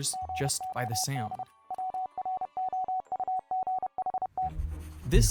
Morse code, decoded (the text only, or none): GOD WROUGHT